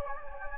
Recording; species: mosquito wingbeat signal from an infrared sensor; Anopheles gambiae